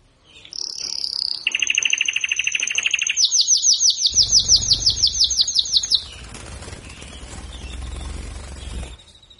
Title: Canario Belga. Canario Galador Esquenta Qualquer Femea